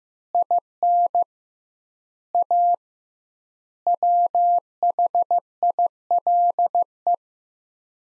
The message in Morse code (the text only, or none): IN A WHILE